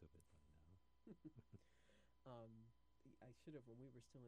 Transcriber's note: both chuckling